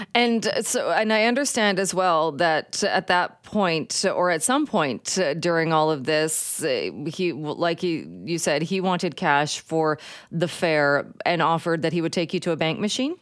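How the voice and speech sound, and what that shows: One adult radio host speaks fluently at a conversational pace with steady, clear voicing, asking a guest a question; ordinary interview speech.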